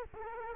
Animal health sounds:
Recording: mosquito wingbeat signal from an infrared sensor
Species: Culex quinquefasciatus

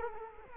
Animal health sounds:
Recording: mosquito wingbeat signal from an infrared sensor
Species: Culex quinquefasciatus

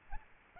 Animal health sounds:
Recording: mosquito wingbeat signal from an infrared sensor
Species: Aedes albopictus

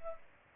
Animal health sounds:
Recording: mosquito wingbeat signal from an infrared sensor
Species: Culex pipiens

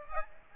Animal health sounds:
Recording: mosquito wingbeat signal from an infrared sensor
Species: Aedes aegypti

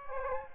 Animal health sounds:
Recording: mosquito wingbeat signal from an infrared sensor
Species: Aedes aegypti

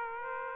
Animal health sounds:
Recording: mosquito wingbeat signal from an infrared sensor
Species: Aedes aegypti

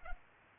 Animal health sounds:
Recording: mosquito wingbeat signal from an infrared sensor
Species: Culex pipiens

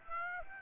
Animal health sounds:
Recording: mosquito wingbeat signal from an infrared sensor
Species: Aedes aegypti

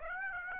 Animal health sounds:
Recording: mosquito wingbeat signal from an infrared sensor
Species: Aedes aegypti

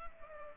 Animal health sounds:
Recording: mosquito wingbeat signal from an infrared sensor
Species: Culex pipiens

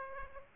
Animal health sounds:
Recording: mosquito wingbeat signal from an infrared sensor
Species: Aedes aegypti

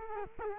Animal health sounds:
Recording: mosquito wingbeat signal from an infrared sensor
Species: Culex quinquefasciatus

